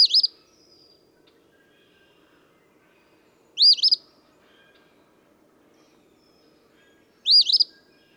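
Eastern phoebe song, three burry, high, two-syllable phrases spaced about three and a half seconds apart in a quiet setting.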